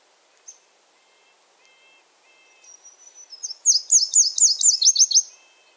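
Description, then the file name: Nashville warbler song: faint high notes, then a run of about ten sharp, high, down-slurred notes, the last few slightly lower. Song recorded in Quebec. "NAWA SONG QC - Nashville Warbler - Leiothlypis ruficapilla"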